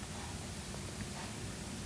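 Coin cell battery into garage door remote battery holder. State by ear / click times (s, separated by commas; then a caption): not seated / none. A replacement coin cell battery is handled over the battery holder of a LiftMaster garage door remote, printed side up, the same way the old one came out. Only steady broadband hiss with faint low rustling is heard, with no distinct hits. Nothing has snapped in or seated yet.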